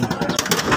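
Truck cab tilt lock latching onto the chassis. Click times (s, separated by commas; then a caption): 0.4 s. The tilted cab (cowl) of an Isuzu truck is pulled down with a slight tug, and its automatic tilt lock latches onto the chassis with a sharp click at 0.4 s. A second sharp sound follows at 0.5 s over steady background noise. The cab ends down and locked.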